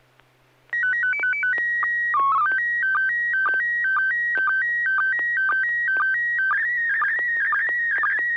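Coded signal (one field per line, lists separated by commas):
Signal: SSTV (slow-scan television)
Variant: PD 120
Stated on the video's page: Weekly amateur SSTV net on a 441.300 MHz FM repeater, images exchanged using MMSSTV software.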